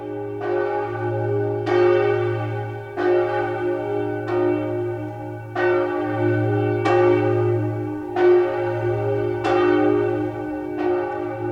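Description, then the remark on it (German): The Kunigunde bell of Bamberg Cathedral, whose thick body has a hole and which rings every Friday at 3 p.m., tolls steadily, about eight strokes in roughly twelve seconds, each loud strike leaving a deep, humming overtone ringing underneath the next. No voices are present. “Jeden Freitag um 3 Uhr nachmittags erklingt vom Dom die Kunigundenglocke, deren dicker Leib ein Loch hat.”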